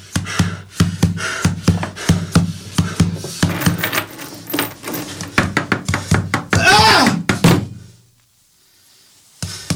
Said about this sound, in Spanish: Pero el latido crecía. Cada vez más fuerte, más fuerte. El corazón iba a estallar. Los vecinos se iban a despertar escuchando ese maldito corazón.